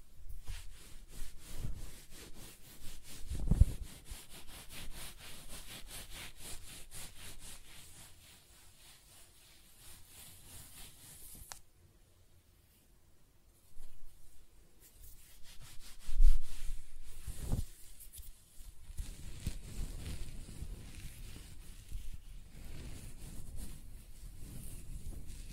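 Close-up scratching and brushing of hair, a dense crackly rustle of fine strokes that comes in bursts. The strokes are active for the first ten seconds, fade almost to silence around 12–14 seconds, then return with a sharp louder scrape near 16 seconds and steady rubbing to the end.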